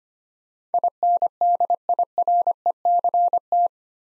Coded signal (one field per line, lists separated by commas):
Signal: Morse code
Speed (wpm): 25 wpm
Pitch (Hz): 700 Hz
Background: none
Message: INDIRECT